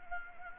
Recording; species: mosquito wingbeat signal from an infrared sensor; Anopheles arabiensis